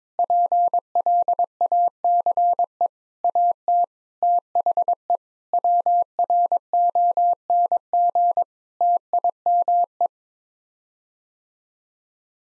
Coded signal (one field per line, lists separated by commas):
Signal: Morse code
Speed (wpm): 21 wpm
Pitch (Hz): 700 Hz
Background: none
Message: PLACE AT THE WRONG TIME